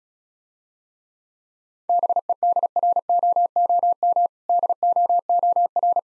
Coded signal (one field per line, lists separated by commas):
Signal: Morse code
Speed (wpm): 36 wpm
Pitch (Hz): 700 Hz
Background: none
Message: BEDROOM DOOR